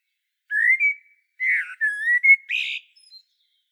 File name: Turdus merula